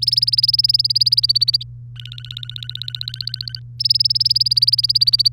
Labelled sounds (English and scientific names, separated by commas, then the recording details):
Domestic Canary (Serinus canaria) song
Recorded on 3 May 2018 at 09:55
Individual llb3